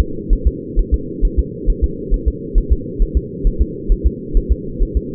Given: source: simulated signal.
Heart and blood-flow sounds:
fetal heart sounds
0.00 s: S2
0.33 s: S1
0.47 s: S2
0.79 s: S1
0.94 s: S2
1.25 s: S1
1.39 s: S2
1.70 s: S1
1.84 s: S2
2.14 s: S1
2.28 s: S2
2.58 s: S1
2.72 s: S2
3.02 s: S1
3.17 s: S2
3.47 s: S1
3.62 s: S2
3.92 s: S1
4.07 s: S2
4.37 s: S1
4.52 s: S2
4.83 s: S1
4.97 s: S2
From the record:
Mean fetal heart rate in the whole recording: 130 bpm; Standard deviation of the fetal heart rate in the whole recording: 2 bpm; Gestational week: 38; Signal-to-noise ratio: -4.3 dB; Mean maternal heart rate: 72 bpm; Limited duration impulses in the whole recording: absent

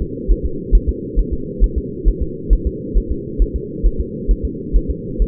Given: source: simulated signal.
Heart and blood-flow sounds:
fetal heart sounds
0.02 s: S2
0.31 s: S1
0.46 s: S2
0.75 s: S1
0.89 s: S2
1.19 s: S1
1.33 s: S2
1.64 s: S1
1.78 s: S2
2.08 s: S1
2.22 s: S2
2.53 s: S1
2.67 s: S2
2.98 s: S1
3.12 s: S2
3.42 s: S1
3.56 s: S2
3.86 s: S1
4.00 s: S2
4.31 s: S1
4.45 s: S2
4.76 s: S1
4.90 s: S2
5.22 s: S1
From the record:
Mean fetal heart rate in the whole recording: 135 bpm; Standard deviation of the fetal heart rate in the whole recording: 3 bpm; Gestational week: 36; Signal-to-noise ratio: -4.3 dB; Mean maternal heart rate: 72 bpm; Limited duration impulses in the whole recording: absent

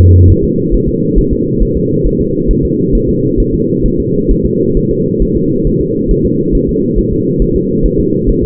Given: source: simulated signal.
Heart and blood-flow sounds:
fetal heart sounds
0.00 s: S2
0.30 s: S1
0.44 s: S2
0.74 s: S1
0.89 s: S2
1.18 s: S1
1.33 s: S2
1.62 s: S1
1.77 s: S2
2.06 s: S1
2.21 s: S2
2.51 s: S1
2.65 s: S2
2.95 s: S1
3.09 s: S2
3.40 s: S1
3.54 s: S2
3.86 s: S1
4.00 s: S2
4.31 s: S1
4.46 s: S2
4.77 s: S1
4.91 s: S2
5.22 s: S1
5.37 s: S2
5.67 s: S1
5.81 s: S2
6.11 s: S1
6.25 s: S2
6.55 s: S1
6.69 s: S2
6.98 s: S1
7.13 s: S2
7.42 s: S1
7.56 s: S2
7.85 s: S1
8.00 s: S2
8.29 s: S1
8.43 s: S2
From the record:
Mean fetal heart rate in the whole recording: 135 bpm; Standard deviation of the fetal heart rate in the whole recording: 3 bpm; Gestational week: 36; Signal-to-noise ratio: -11.2 dB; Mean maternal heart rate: 72 bpm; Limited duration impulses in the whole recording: present

